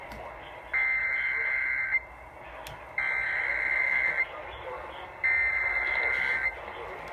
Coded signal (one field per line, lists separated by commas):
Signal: Emergency Alert System (SAME) tones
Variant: header bursts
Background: speech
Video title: Marginal risk from 7/1/20 EAS# 109-118